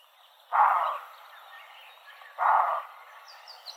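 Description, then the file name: Roe deer giving two short, harsh, noisy barks about two seconds apart, with faint high bird chirps near the end. "metsakauris"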